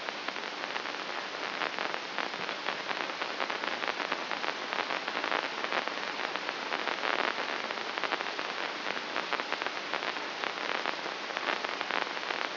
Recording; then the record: brain microelectrode recording played as sound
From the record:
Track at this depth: outside the subthalamic nucleus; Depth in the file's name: 6.629 mm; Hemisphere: left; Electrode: 2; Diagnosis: Parkinson's disease